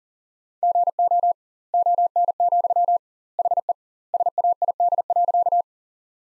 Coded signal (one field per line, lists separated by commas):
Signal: Morse code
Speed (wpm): 40 wpm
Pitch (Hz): 700 Hz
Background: none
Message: GO ON, HE SAID.